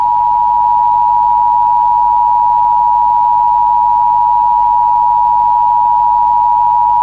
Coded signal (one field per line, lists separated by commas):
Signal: Emergency Alert System (SAME) tones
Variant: 853 and 960 Hz attention tone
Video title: Hāne'e - EAS Scenario (LAST VIDEO OF 2024)